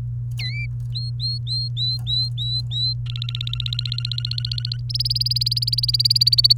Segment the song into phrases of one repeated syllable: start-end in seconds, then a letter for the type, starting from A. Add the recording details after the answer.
0.39-0.66 A, 0.95-2.94 B, 3.06-4.80 C, 4.89-6.53 D. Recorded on 29 April 2018 at 10:18. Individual llb3